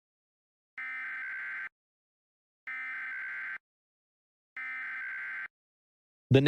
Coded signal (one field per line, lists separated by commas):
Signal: Emergency Alert System (SAME) tones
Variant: header bursts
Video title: EAS Mock - The Roach Invasion (Part 2)